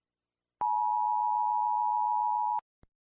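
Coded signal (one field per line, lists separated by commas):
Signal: Emergency Alert System (SAME) tones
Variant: 853 and 960 Hz attention tone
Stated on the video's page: Fictional EAS scenario of a California earthquake, with valid EAS tones.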